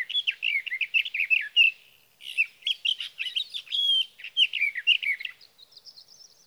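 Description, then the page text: Sage thrasher song: fast jumbled warbling phrases, a short break after two seconds, then more varied notes trailing into a thin high faint sound at the close. Male singing through the night near his night roost, Sierra Valley, California, evening of June 12 to morning of June 15, 2018; recorded with a Swift recorder. "61. Sage thrasher songs, through the night. For three nights, from the evening of June 12 to the morning of June 15, 2018, in Sierra Valley, California, I placed a Swift recorder near a male's night roost."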